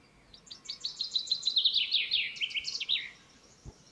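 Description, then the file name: Common chaffinch song, a rapid descending series of bright high notes ending in a short flourish, over faint background noise. "Fringilla coelebs"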